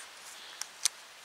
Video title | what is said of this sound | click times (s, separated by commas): TEST COMPLET SIKA 100 (Fr) | venir écarté de poids sans voilà il se clipse même sur les assez grosse ceinture | 0.9 s